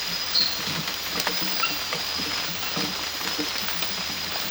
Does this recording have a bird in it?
no